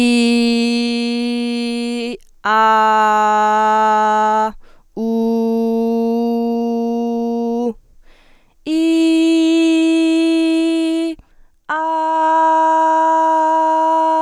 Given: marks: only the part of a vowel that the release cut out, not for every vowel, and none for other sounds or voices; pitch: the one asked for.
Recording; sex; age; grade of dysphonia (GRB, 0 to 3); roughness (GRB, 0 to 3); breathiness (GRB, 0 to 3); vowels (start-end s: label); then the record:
sustained vowels; female; 20 to 29 years; 0; 0; 0
0.00-1.87 s: vowel /i/, normal pitch
2.76-4.32 s: vowel /a/, normal pitch
5.53-7.53 s: vowel /u/, normal pitch
9.58-11.03 s: vowel /i/, high pitch
12.16-14.10 s: vowel /a/, high pitch
From the record:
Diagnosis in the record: healthy voice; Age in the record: 25 years